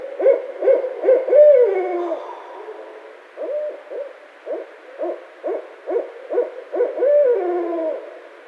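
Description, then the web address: Barred owl hooting: quick rhythmic hoots, then a drawn-out falling note near two seconds, another run of clipped hoots, and a second long descending note at the end. Recorded 16 February 2012. "Barred Owl 2012 02 16"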